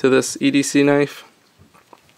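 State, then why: Seated. Someone talks, then a folding EDC knife's blade is opened into its lock, giving two short, sharp clicks at 1.9 s and 2.1 s. The blade locks open and seats solidly, with no wobble even after long use.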